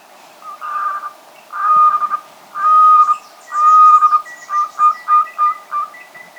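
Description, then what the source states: Andean pygmy owl giving soft hollow whistled hoots, first spaced then quickening into a run of short evenly repeated notes, with faint chirping from another bird behind. Recorded in Ecuador.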